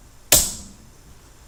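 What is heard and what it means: A metal takedown pin is pushed into the joined upper and lower receivers of an M4 rifle. One loud, sharp metallic click sounds at 0.3 s, then rings briefly and fades within about half a second. The pin is seated.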